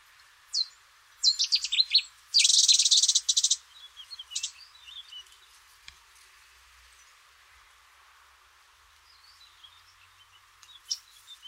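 Cetti's warbler singing two loud, abrupt bursts of quick, ringing, repeated notes in close succession, then softer scattered chips and faint calls.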